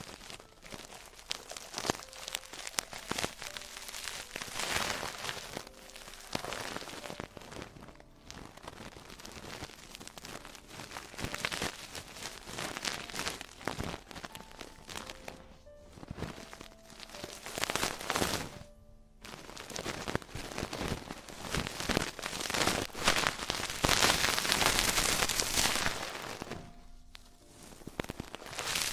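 Traditional Chinese ear cleaning and earwax removal, heard as dense, crackly scraping and rustling that fills the whole clip in uneven bursts. Short brief tones appear now and then, and the scratching grows louder and brighter toward the end, around 20–27 seconds.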